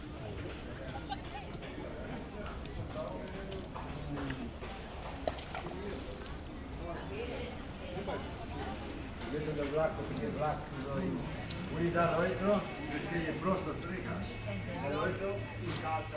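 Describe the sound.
Afternoon crowd in Piazza Tartini, with many voices overlapping in a steady murmur of conversation. A low hum runs underneath throughout. After about ten seconds the chatter grows a little louder and busier, with a few sharp clicks and knocks scattered through.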